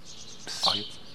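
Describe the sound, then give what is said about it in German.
A brief burst of high, squeaky chirping rises over a faint, steady high-pitched hiss, peaking for a moment before fading back into the background. “Das hört sich an wie Vögel.”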